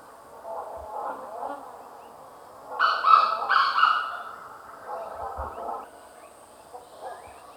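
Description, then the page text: Grey Junglefowl giving a loud, harsh, broken crow of a few staccato harmonic notes near the middle, with softer rough calls before and after. "Grey Junglefowl Call. Quick Sounds"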